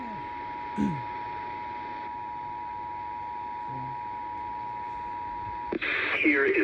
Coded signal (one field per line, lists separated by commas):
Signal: Emergency Alert System (SAME) tones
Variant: 853 and 960 Hz attention tone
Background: speech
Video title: Another one!! #eas #shorts #easalert #weatherradio